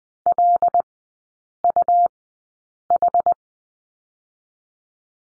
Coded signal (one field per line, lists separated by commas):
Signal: Morse code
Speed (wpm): 20 wpm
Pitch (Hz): 700 Hz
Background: none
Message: LUH